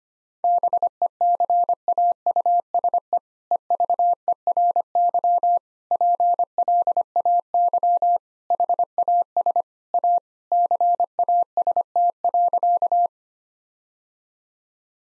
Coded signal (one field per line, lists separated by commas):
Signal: Morse code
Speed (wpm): 25 wpm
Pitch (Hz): 700 Hz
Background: none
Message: BECAUSE EVERY PLAY HAS A CAST.